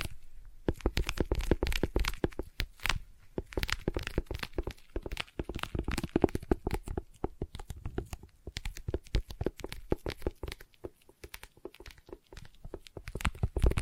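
Sticky tapping fills the recording, a dense run of quick, uneven taps with a tacky, peeling quality, like fingers pulling off a surface. The clicks come in irregular bursts several times a second, sharp and crackly, with short near-pauses around the five and eleven second marks.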